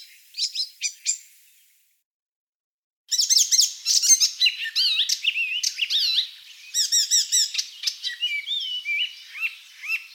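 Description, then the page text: Icterine warbler: a few quick chirps, a silent gap, then a dense, varied song of repeated chattering phrases and whistled slurs. "Пересмешка зелёная. Голоса птиц."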